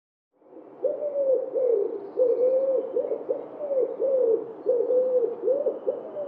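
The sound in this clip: Wood pigeon cooing: a steady run of soft, low hooting notes, each rising then falling, given back to back without clear pauses for about five seconds.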